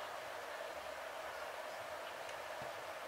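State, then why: Not seated. With the piston at top dead centre, the engine cover is lined up on the crankcase of an Enya 90-4C glow engine before being pressed home. A steady broadband hiss runs throughout, with only faint soft handling sounds around 2.3 s and 2.6 s. Nothing has seated or clicked yet.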